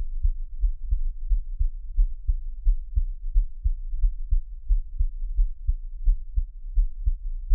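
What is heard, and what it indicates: Steady, muffled low thumps arrive in lub-dub pairs at about 88 beats a minute, fairly regular throughout. A Taiwanese ASMR piece of an adult's own heartbeat heard close up, with a soft low hum underneath and no talking.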